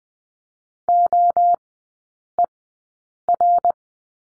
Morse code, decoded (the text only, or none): OER